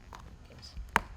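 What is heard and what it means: A snap fastener button is centered on a folded, doubled-over webbing strap, and a press tool's lever is pulled to punch a hole and set the snap in one stroke. After a faint tap at 0.2 s and a soft scrape near 0.9 s, a sharp, loud click at 1.0 s marks the snap seating in place. The set is confirmed.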